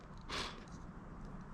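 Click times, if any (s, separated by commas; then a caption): none. A GoPro Hero 7 White action camera is placed into its plastic case and lined up before the case is closed. Only soft handling is heard, with a brief scuffing rustle around 0.3–0.5 s over a low, steady background. Nothing has seated or clicked yet.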